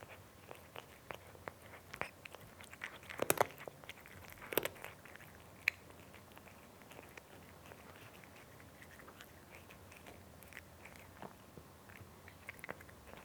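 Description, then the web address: Cat chewing, with soft repeated crunches and a louder cluster of bites around three to five seconds. Cat eating with a nice crunchy sound. "BBC Sound Effects Library (Cats) Cat Eating (Nice Crunchy Sound)"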